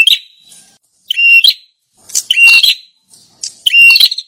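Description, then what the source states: Prinia calling in four bursts, each a flat high whistle mixed with scratchy, buzzy chatter, separated by brief pauses. Lure call played to attract birds.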